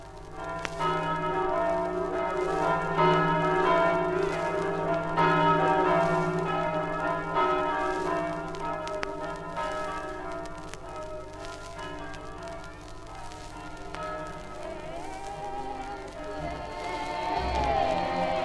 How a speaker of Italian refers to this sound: Mistico suggello, le campane che da tempo immemorabile accolgono la processione che rientra nel porto.